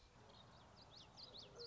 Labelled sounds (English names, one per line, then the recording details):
Common Yellowthroat
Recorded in Sonoma County, California